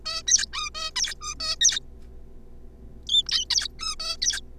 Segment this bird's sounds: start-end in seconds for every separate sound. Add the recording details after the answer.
0.06-0.22, 0.27-0.46, 0.53-0.70, 0.75-0.90, 0.96-1.15, 1.21-1.34, 1.40-1.56, 1.61-1.79, 3.07-3.22, 3.27-3.28, 3.29-3.45, 3.50-3.68, 3.79-3.95, 4.00-4.16, 4.21-4.41. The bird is a juvenile. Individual R3549